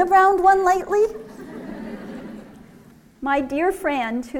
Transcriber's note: laughter